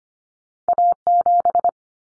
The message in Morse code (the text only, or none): A7